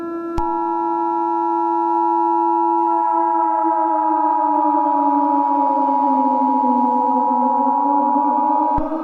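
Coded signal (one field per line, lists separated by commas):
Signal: Emergency Alert System (SAME) tones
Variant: 853 and 960 Hz attention tone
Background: music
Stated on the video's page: Fictional EAS scenario, edited in Filmora X.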